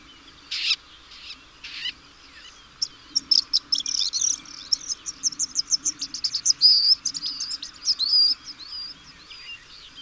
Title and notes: Suara Burung. Suara Kicauan Burung untuk memaster burung kesayangan